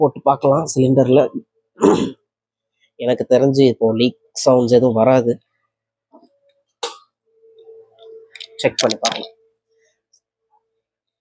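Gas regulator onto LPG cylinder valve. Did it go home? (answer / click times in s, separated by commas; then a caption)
yes / 6.8 s. A gas regulator is pushed onto an LPG cylinder valve that has been wrapped with teflon tape, while someone talks before and after. A loud snap at 6.8 s is followed by a few faint clicks and a steady low tone. The regulator locks firmly onto the valve, more strongly than it did before.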